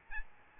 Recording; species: mosquito wingbeat signal from an infrared sensor; Aedes albopictus